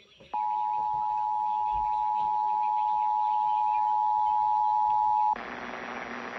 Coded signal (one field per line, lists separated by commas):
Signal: Emergency Alert System (SAME) tones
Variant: 853 and 960 Hz attention tone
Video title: KDKA RWT LATE AT 9:30!!!!! EAS 400-401!!!!!!!!!!!!!!!!!!!!!!!!!